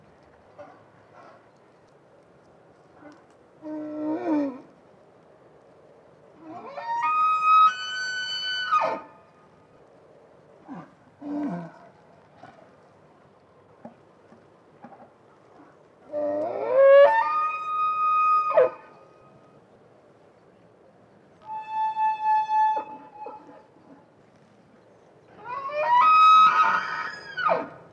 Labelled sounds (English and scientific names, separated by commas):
Wapiti (Cervus canadensis)